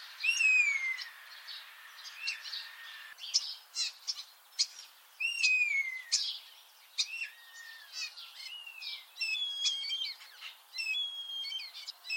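Common starling calls: a series of slurred whistles, several sweeping downward, with sharp clicks and squeaky notes in between.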